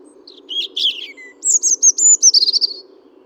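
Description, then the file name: European robin song: a thin, wavering warble that drops lower, then a fast trill of high, bright notes that slides slightly downward, over a faint low hum. "Erithacus rubecula"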